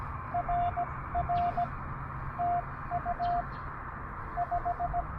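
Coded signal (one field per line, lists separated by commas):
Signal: Morse code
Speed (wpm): 18 wpm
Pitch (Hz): 710 Hz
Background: none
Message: RR TU 5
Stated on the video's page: CW park hunting on 30 m and 20 m with an Elecraft KH1 and a 4-foot whip antenna.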